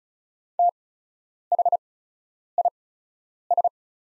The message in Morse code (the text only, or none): THIS